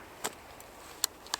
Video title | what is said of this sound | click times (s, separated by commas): Keeping creative during lockdown - Intimate landscape photography | nice clicking sound, turn the camera on, | 1.0 s